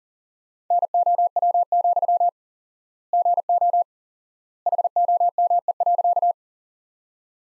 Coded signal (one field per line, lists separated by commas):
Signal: Morse code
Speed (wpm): 40 wpm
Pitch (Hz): 700 Hz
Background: none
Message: NOW, GO HOME.